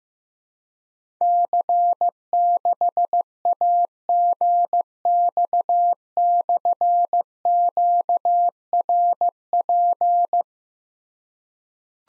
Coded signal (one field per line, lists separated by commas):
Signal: Morse code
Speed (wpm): 15 wpm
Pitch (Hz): 700 Hz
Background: none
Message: C6AGX/QRP